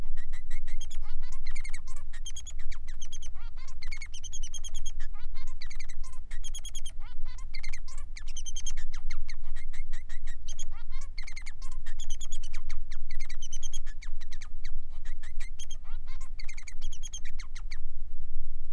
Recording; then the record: song of a male Bengalese finch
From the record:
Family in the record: son of father 3